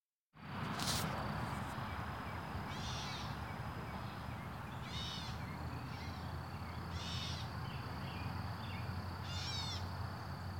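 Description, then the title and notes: Gray catbird calling with several short, harsh, buzzy notes spaced throughout, over a low rumble and a constant high-pitched hum. "Gray Catbird by Christie Mullen"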